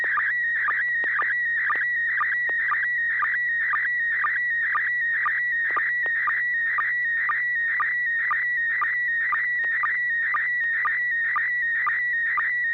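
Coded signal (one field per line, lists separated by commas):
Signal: SSTV (slow-scan television)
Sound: warbling whistle-like tone with a quick low blip about twice each second throughout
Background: low hum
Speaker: this net serves for training and practice and image transmission modes and meets Wednesday nights at 900 p.m. on the n6 na repeater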